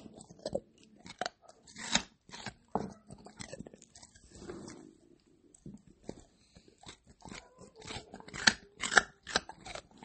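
Someone eats carrots, with sharp, crisp crunches breaking out irregularly, about one or two each second, across all ten seconds. Softer chewing and moist mouth sounds fill the gaps. A brief faint tone rises around the eighth and ninth seconds.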